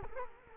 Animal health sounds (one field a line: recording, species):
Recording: mosquito wingbeat signal from an infrared sensor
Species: Culex quinquefasciatus